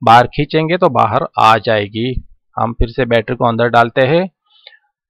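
Someone talks while reinserting a rechargeable battery into the battery compartment of a Canon IXUS 185 compact digital camera, pushing it past the small lock latch. A short, sharp click sounds at 4.7 s as the battery locks in and is seated.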